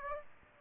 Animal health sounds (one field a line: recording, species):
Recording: mosquito wingbeat signal from an infrared sensor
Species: Aedes aegypti